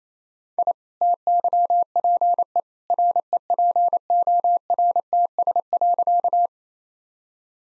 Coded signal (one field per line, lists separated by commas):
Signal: Morse code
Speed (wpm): 28 wpm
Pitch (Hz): 700 Hz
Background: none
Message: I TYPE REPORTS.